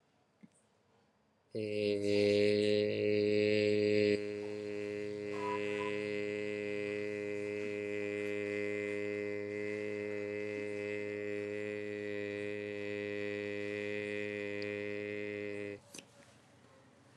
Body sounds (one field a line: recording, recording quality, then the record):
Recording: sustained vowel as in made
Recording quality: excellent, no background noise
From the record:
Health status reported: recovered from COVID-19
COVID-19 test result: negative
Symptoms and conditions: asthma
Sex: male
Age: 26 years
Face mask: not worn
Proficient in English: yes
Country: India